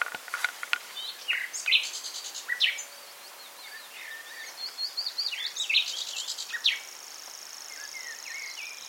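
Common nightingale song: varied phrases of sharp notes, short trills and rising whistles, with pauses between bursts and a quieter stretch near the end.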